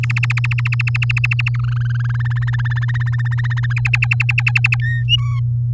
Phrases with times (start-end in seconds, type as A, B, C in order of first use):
0.03-1.49 A, 1.54-2.22 B, 2.25-3.73 C, 3.76-4.76 D, 4.82-5.03 E, 5.08-5.39 F